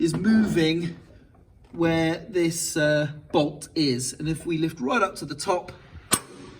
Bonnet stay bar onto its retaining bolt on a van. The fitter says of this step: you can see that locks in place there.